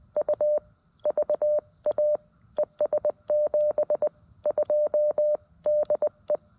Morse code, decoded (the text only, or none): U VA ES 72 DE